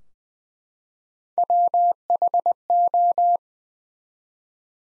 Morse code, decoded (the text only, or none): WHO